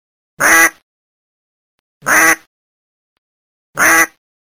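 Duck quacking: three short, harsh, nasal quacks, each about a third of a second long, spaced roughly every 1.7 seconds, with clean silence between them.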